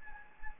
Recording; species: mosquito wingbeat signal from an infrared sensor; Anopheles gambiae